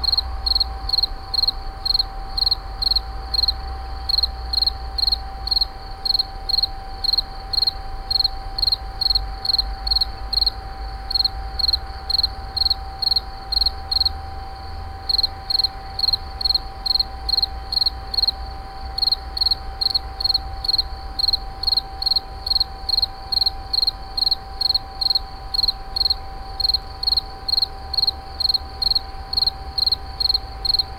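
An insect, likely a cricket, chirps in fast regular bursts with brief pauses every couple of seconds, a bright high trill. Beneath it runs a steady mechanical hum with one constant tone and a low rumble, as from nearby plant machinery.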